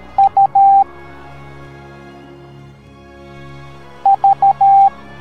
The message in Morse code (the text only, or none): U V